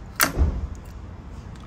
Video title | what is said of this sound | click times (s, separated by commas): Unboxing The Brompton T Line! A Real Titanium Beauty From Brompton! | a very satisfying click it's normal that catch on the side | 0.2 s